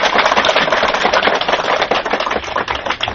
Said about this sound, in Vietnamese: Trước khi bắt đầu cho buổi lễ, chúng con xin được cung kính giới thiệu Đại Đức Thích Phước Tiến, trụ trì tu viện Tường Vân, thành phố Hồ Chí Minh. Kính mời quý Phật tử cho một tràng pháo tay thật lớn và dài.